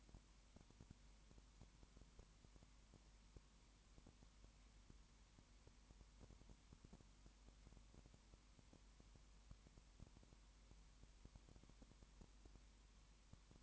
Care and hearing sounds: daily activity, microphone in the room; no activity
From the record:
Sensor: 1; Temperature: 19.7 degrees Celsius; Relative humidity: 40.5%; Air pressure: 1010.6 hPa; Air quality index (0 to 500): 209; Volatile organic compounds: 56 ppm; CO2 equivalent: 3373 ppm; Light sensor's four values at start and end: 1/2/1/1 and 1/2/1/1

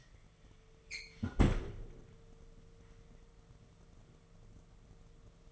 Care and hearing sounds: daily activity, microphone in the room; close fridge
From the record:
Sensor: 4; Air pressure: 1015.9 hPa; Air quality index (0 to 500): 193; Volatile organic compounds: 10 ppm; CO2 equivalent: 2224 ppm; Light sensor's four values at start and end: 13/30/13/14 and 17/41/17/19

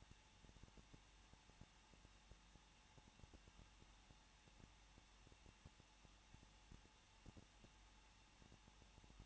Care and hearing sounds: daily activity, microphone in the room; no activity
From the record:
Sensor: 1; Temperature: 20.1 degrees Celsius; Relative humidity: 39.2%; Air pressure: 1006.3 hPa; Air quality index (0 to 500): 218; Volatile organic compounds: 78 ppm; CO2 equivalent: 3588 ppm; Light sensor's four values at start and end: 1/2/1/1 and 1/2/1/1

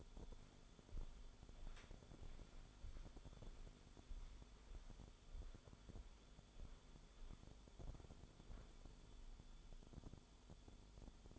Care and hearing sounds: daily activity, microphone in the room; walk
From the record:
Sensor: 5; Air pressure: 1015.4 hPa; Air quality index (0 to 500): 176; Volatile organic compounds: 6 ppm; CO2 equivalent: 1919 ppm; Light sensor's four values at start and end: 39/90/37/36 and 39/90/36/36

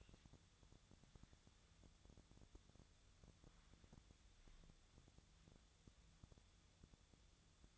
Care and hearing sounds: daily activity, microphone in the room; wipe stove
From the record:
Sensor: 3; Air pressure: 1004.7 hPa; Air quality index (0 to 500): 76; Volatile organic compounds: 2 ppm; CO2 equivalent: 1138 ppm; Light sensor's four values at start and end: 8/19/7/7 and 8/19/7/7

